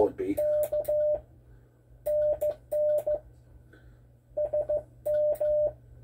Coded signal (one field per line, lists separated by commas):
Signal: Morse code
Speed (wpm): 15 wpm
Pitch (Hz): 600 Hz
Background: speech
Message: K NN SM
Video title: learning morse code the beginning.